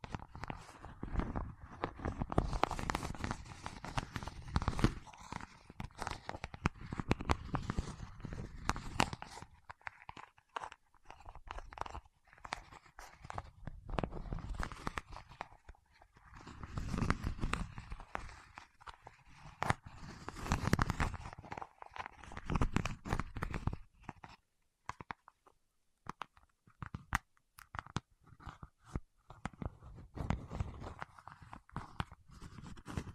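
Fingertips work against wax, making dense sticky crackles and quick clicks that come in bunched bursts, with heavier passages around 2–8, 16–18 and 20–22 seconds. Near 25 seconds the sound thins to sparse isolated ticks before the crackling resumes more lightly.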